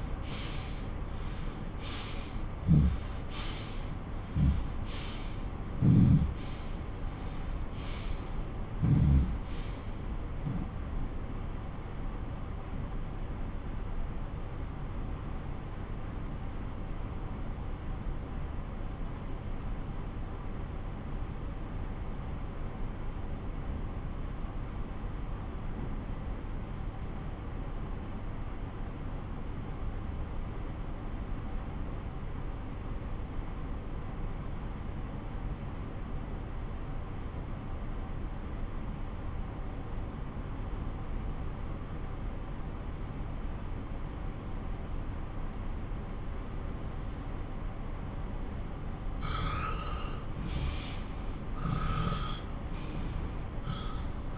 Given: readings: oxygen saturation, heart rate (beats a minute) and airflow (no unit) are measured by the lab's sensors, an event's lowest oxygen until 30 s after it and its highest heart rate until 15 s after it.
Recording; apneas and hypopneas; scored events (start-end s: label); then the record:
breathing in sleep by a smartphone at the bedside; 1
9.00-49.60 s: obstructive apnea (N1, oxygen 97% highest, then 86% lowest)
11.00-41.00 s: new sleep stage, N2 (light sleep)
41.00-54.38 s: new sleep stage, N1 (lightest sleep)
From the record:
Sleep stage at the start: N1 (lightest sleep); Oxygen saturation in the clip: 81 to 97%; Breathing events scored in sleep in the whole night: 217 in 6.3 hours asleep